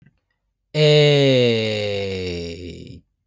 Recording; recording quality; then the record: sustained vowel as in made; excellent, no background noise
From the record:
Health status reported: healthy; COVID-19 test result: negative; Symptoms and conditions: none ticked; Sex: male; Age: 29 years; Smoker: not ticked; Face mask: not worn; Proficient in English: yes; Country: United States